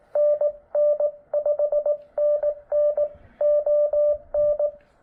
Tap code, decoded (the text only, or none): none